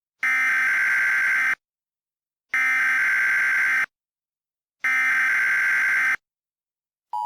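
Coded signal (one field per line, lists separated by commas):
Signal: Emergency Alert System (SAME) tones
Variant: header bursts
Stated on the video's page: Mock EAS alert, a fictional recreation.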